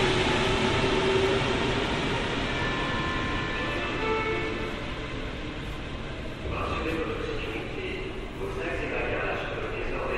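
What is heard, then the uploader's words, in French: A Paris Métro train rolls on with a dense, steady rumble that hardly changes in loudness. Faint whining tones rise and fade in the first few seconds, and after about six seconds brighter squeals and rattles of the cars join in, with possible murmured voices underneath. Métro parisien.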